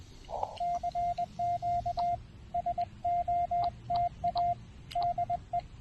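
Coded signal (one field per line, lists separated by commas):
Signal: Morse code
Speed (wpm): 20 wpm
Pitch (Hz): 690 Hz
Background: radio noise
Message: CQ SOTA DE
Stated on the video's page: QRP CW on a SOTA summit activation using a Discovery TX-500.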